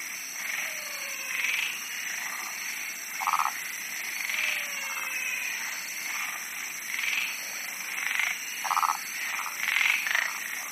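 Frogs calling together, bursts of pulsed croaks spaced a second or two apart, overlapping trills, constant high background buzz.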